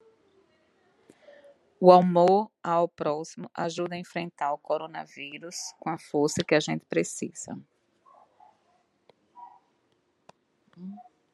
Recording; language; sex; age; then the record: spoken sentence; Brazilian Portuguese; female; 40 to 49 years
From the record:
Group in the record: control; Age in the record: 47 years